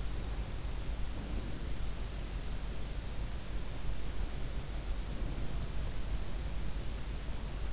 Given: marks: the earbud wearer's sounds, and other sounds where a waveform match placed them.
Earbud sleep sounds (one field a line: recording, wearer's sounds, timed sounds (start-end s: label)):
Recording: sounds in sleep by an in-ear microphone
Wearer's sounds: breath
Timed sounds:
1.13-1.75 s: breath
5.10-5.74 s: breath